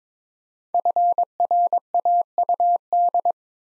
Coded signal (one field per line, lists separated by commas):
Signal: Morse code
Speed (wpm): 22 wpm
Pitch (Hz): 700 Hz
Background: none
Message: FRAUD